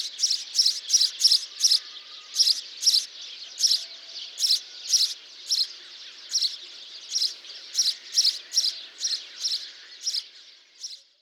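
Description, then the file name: House sparrow calling: short bright chirps repeated steadily throughout. "Passer domesticus"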